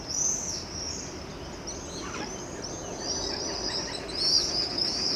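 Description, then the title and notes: Birds warbling in a high, flowing stream of notes with a few brief chirps, over steady background road noise. Chemin sous les Fenêtres, Aurifat, Cordes-sur-Ciel, Albi, Tarn, Occitanie, France; road noise present; recorded with Zoom H6, FetHead and LOM BasicUcho microphone. "Chemin sous les Fenêtres, Aurifat, Cordes-sur-Ciel, Albi, Tarn, Occitanie, France métropolitaine, 81170, France - quiet time with the birds. birdsong , noise from the road"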